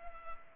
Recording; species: mosquito wingbeat signal from an infrared sensor; Culex pipiens